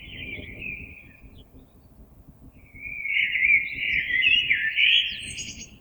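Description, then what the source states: Blackbird's warbled phrase, a pause, then a longer, louder fluty passage with high twittering notes at its close. Recorded 26 April 2022.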